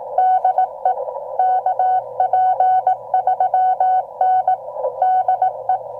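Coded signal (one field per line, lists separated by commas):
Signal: Morse code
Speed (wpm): 18 wpm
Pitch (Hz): 750 Hz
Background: none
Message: DE KP3N DE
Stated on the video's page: 5 W QRP CW Parks on the Air activation from a Xiegu X6100 with an MFJ-1898 telescoping antenna, with cicadas audible.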